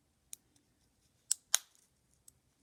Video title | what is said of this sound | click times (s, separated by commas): How to Change Toyota Camry Key Battery | here you heard it click now we cover it with this | 1.3 s, 1.5 s